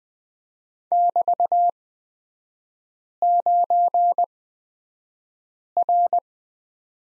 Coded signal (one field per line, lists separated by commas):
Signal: Morse code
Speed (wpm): 20 wpm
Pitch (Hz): 700 Hz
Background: none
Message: <BT>9R